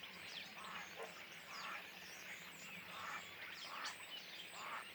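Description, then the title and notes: Common starlings in a noisy flock, harsh rasping notes and sliding whistles pouring out together in a thick, busy chorus. Flock perched in trees beside the Louroux pond, Le Louroux, Indre-et-Loire, Centre-Val de Loire, France; recorded with Sennheiser MKH8020 ORTF stereo pair, Rycote, Sound Devices MixPre6 II. "Le Louroux, Loches, Indre-et-Loire, Centre-Val de Loire, France métropolitaine, 37240, France - étourneaux sansonnet dans les arbres. Nuée d'étourneaux posés dans un arbre aux abords de l'étang du louroux"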